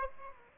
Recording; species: mosquito wingbeat signal from an infrared sensor; Aedes aegypti